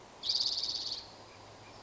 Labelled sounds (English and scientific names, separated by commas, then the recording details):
Spotted Towhee (Pipilo maculatus)
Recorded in Sonoma County, California